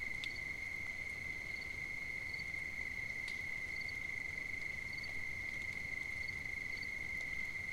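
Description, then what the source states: Cricket chorus of a single unbroken high trill, with brief faint ticks and higher chirping insects scattered over a quiet low hiss. At night on 5 September 2009.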